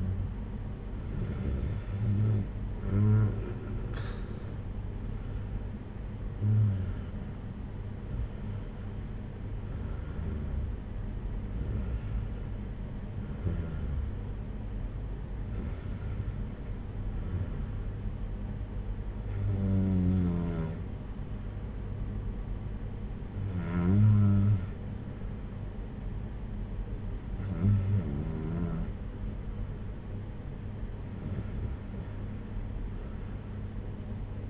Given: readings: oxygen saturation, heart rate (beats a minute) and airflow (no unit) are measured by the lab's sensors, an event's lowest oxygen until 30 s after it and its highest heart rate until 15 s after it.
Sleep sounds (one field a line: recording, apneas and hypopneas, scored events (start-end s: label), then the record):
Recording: breathing in sleep by a smartphone at the bedside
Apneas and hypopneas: none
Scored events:
10.00-34.50 s: new sleep stage, N2 (light sleep)
From the record:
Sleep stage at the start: N1 (lightest sleep)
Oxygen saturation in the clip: 93 to 95%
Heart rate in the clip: 54 to 65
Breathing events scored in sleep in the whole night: 226 in 8.8 hours asleep